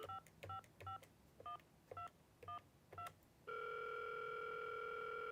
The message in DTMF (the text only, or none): 5551212